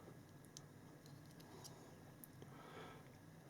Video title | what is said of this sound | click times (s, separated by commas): LED Lighting Camp set up | right way around even, so they just clip into there. | 0.6 s, 2.2 s